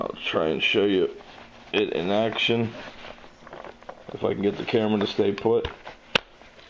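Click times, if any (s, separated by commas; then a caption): 6.2 s. Someone talks while pushing in the folding wheel mechanism on the frame of an Oenbopo large lightweight shopping trolley. The plastic and metal latch gives a sharp click at 6.2 s as it releases, and the wheels fold down.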